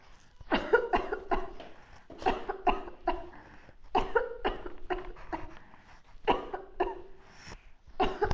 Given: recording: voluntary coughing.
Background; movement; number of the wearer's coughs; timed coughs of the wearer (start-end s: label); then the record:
quiet; sitting; 13
0.49-0.90 s: cough
0.90-1.29 s: cough
1.29-1.61 s: cough
2.23-2.64 s: cough
2.64-2.90 s: cough
3.05-3.29 s: cough
3.92-4.31 s: cough
4.42-4.74 s: cough
4.89-5.15 s: cough
5.31-5.64 s: cough
6.25-6.63 s: cough
6.77-7.13 s: cough
7.97-8.29 s: cough
From the record:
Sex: female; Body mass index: 18.8 kg/m2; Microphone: on the chest, facing the body